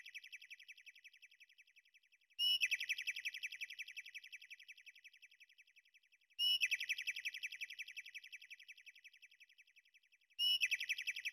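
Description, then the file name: Bird chirping: rapid, high twittering trills start abruptly and fade away, repeating every four seconds in a steady, identical pattern. "shebetaniya ptici"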